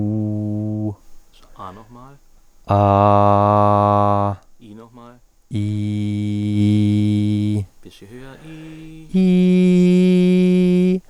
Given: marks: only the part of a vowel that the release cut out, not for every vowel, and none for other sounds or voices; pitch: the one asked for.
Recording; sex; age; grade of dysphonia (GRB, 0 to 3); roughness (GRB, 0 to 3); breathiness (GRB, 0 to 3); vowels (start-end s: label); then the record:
sustained vowels; male; 40 to 49 years; 0; 0; 0
0.00-0.73 s: vowel /u/, normal pitch
3.18-4.09 s: vowel /a/, normal pitch
6.63-7.47 s: vowel /i/, normal pitch
9.28-10.84 s: vowel /i/, high pitch
From the record:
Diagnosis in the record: hyperfunctional dysphonia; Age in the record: 40 years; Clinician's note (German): Stottern